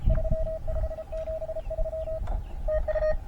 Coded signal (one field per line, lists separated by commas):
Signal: Morse code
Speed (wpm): 36 wpm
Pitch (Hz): 620 Hz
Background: radio noise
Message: 3573 TU